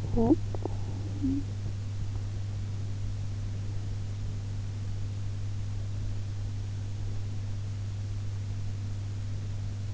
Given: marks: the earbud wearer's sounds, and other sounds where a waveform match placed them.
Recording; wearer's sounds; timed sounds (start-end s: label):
sounds in sleep by an in-ear microphone; talking in sleep
0.00-1.63 s: talking in sleep